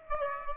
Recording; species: mosquito wingbeat signal from an infrared sensor; Aedes aegypti